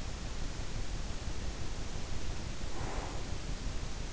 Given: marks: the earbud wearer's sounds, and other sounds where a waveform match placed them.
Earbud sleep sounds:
sounds in sleep by an in-ear microphone; breath
1.07-3.57 s: breath

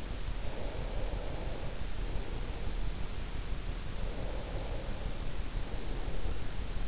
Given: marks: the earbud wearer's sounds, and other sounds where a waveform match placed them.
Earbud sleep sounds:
sounds in sleep by an in-ear microphone; breath
0.28-3.00 s: breath
3.94-6.78 s: breath

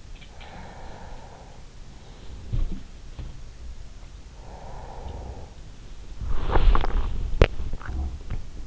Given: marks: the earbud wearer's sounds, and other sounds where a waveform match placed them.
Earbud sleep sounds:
sounds in sleep by an in-ear microphone; breath, body movement, swallowing
0.08-1.81 s: breath
1.72-5.39 s: sound from someone else or the room
5.47-8.67 s: body movement
6.61-8.28 s: swallowing

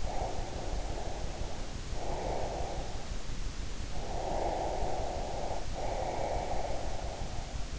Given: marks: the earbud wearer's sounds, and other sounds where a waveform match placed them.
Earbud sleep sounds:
sounds in sleep by an in-ear microphone; breath
0.26-2.78 s: breath
3.90-7.79 s: breath

